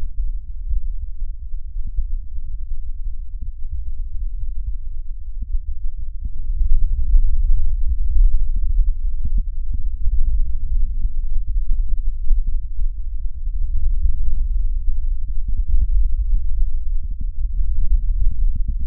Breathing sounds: lung sounds by stethoscope; right anterior apical chest; quiet breathing, then deep breathing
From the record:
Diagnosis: interstitial lung disease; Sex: male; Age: 75 years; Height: 167 cm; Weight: 68 kg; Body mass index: 24.4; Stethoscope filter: bell mode

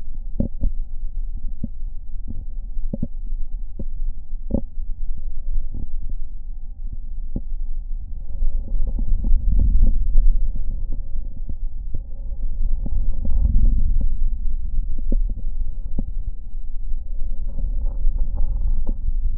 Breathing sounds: lung sounds by stethoscope; left anterior apical chest; quiet breathing, then deep breathing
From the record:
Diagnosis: COPD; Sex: male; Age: 70 years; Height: 183 cm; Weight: 116 kg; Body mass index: 34.6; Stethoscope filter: diaphragm mode

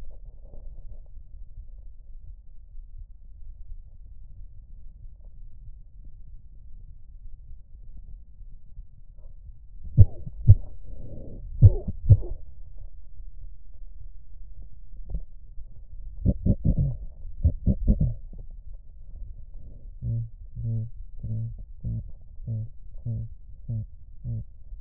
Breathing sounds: lung sounds by stethoscope; left posterior apical chest; quiet breathing, then cough and speech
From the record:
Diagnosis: none (healthy); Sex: male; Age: 23 years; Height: 185 cm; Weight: 93 kg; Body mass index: 27.2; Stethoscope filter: extended mode

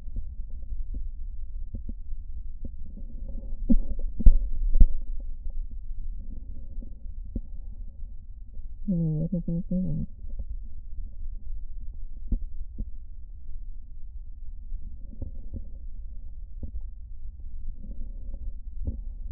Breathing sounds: lung sounds by stethoscope; right posterior basal chest; quiet breathing, then cough and speech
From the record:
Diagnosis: COPD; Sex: female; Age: 75 years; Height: 155 cm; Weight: 67.6 kg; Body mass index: 28.1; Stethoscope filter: diaphragm mode

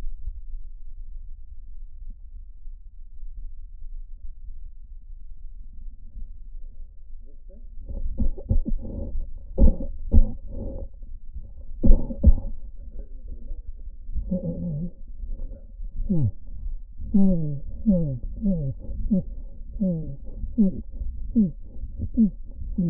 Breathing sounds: lung sounds by stethoscope; left posterior basal chest; quiet breathing, then cough and speech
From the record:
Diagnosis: interstitial lung disease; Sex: male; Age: 82 years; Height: 158 cm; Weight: 49 kg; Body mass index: 19.6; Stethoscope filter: diaphragm mode

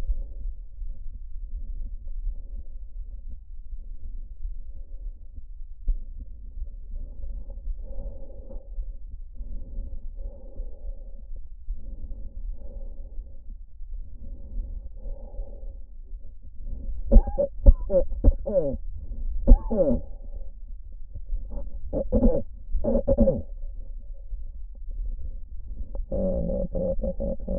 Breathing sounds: lung sounds by stethoscope; trachea; quiet breathing, then cough and speech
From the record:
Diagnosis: COPD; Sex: female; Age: 72 years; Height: 156 cm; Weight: 72 kg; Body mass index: 29.6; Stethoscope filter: diaphragm mode

